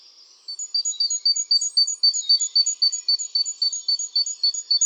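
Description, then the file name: Great tit giving a fast, regular run of high piping notes, about four per second, steady and unbroken for over four seconds. "Parus major"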